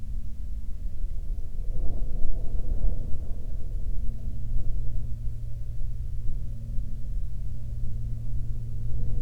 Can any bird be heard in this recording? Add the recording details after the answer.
no. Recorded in the Prudhoe Bay oil fields, Alaska, on 9 August 2021 at 17:12. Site 25